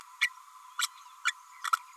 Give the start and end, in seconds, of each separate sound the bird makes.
0.21-0.29, 0.79-0.87, 1.25-1.33